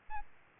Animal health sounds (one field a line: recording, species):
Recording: mosquito wingbeat signal from an infrared sensor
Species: Aedes albopictus